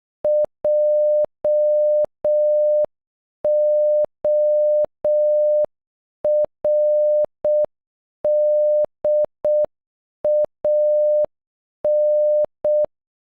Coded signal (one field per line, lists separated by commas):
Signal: Morse code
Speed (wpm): 12 wpm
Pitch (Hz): 600 Hz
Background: none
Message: JORDAN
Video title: Jordan in Morse code